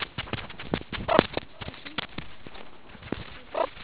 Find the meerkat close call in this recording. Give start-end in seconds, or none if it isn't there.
1.07-1.20, 3.52-3.67